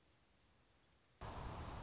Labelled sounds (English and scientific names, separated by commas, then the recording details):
Anna's Hummingbird (Calypte anna)
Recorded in Sonoma County, California